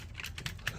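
A standard hitch on an RC transfer trailer is pushed into the coupling of a scale lowboy trailer, and it pops in and locks. A string of sharp plastic clicks is heard, with the seating click at 0.7 seconds.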